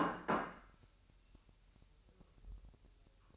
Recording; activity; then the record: daily activity, microphone in the room; place plate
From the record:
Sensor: 2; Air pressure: 1001.9 hPa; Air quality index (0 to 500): 248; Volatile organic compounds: 39 ppm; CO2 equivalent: 3138 ppm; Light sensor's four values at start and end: 8/28/11/10 and 8/28/11/10